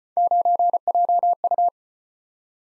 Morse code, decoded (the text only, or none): 9JU